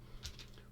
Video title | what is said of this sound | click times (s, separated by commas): Emperor Palpatine Force FX Elite Lightsaber Unboxing and Review! | twist it until you hear like a little click | 0.4 s, 0.6 s